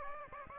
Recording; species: mosquito wingbeat signal from an infrared sensor; Aedes aegypti